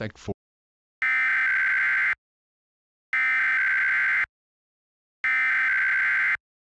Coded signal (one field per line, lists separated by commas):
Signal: Emergency Alert System (SAME) tones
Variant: header bursts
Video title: EAS Scenario: Mars Collision